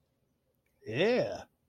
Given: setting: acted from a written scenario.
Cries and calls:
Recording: vocal sound without words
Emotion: embarrassment

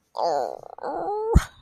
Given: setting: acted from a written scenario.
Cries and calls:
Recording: vocal sound without words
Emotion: embarrassment

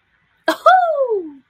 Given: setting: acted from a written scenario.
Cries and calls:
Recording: vocal sound without words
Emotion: triumph

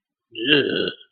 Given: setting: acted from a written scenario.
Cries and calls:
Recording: vocal sound without words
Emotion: disgust

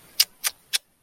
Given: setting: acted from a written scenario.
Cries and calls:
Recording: vocal sound without words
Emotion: contempt

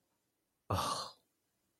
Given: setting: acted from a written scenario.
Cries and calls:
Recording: vocal sound without words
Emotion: relief

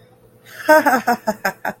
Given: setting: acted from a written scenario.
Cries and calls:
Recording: vocal sound without words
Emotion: amusement

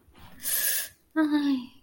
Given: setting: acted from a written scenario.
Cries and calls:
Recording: vocal sound without words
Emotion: ecstasy

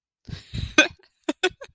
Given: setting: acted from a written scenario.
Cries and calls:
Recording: vocal sound without words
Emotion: amusement

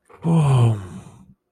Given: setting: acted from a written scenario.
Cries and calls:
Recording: vocal sound without words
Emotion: awe

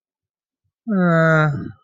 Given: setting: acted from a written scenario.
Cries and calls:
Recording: vocal sound without words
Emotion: neutral

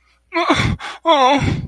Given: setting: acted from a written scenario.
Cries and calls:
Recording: vocal sound without words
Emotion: sadness

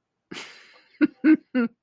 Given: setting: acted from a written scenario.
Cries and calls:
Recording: vocal sound without words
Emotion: amusement

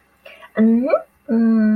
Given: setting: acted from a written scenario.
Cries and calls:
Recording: vocal sound without words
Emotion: desire

